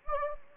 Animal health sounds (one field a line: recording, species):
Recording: mosquito wingbeat signal from an infrared sensor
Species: Anopheles gambiae